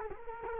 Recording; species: mosquito wingbeat signal from an infrared sensor; Culex quinquefasciatus